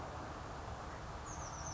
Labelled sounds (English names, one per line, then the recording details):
Oak Titmouse
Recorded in Sonoma County, California